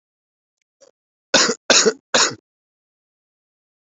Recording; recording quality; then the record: shallow voluntary cough; excellent, no background noise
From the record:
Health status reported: respiratory illness, not identified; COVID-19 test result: negative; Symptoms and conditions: cough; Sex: male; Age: 28 years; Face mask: not worn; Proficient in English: no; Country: India